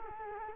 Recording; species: mosquito wingbeat signal from an infrared sensor; Culex quinquefasciatus